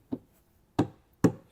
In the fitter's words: you can hear they pop into place so that they won't come loose